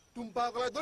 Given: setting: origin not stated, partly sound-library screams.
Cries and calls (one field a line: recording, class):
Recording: one-second piece from a danger detection set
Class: normal situation